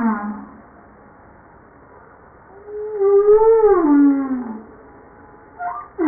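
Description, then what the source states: Humpback whale song: a long harmonic moan that rises slightly then bends downward, followed by brief higher notes. Recorded 5 March 1994.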